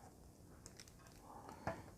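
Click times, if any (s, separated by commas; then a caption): 1.7 s. A crossed-arms piece is pushed onto the peg joint of a plastic S.H. Figuarts Dragon Ball Z Piccolo action figure's torso, with faint light plastic ticks around 0.7–0.9 s. A sharper snap at 1.7 s marks the arm seating snugly into the joint.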